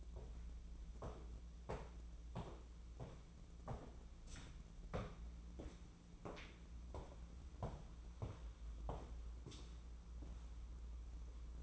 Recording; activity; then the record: daily activity, microphone in the room; walk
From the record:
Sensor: 1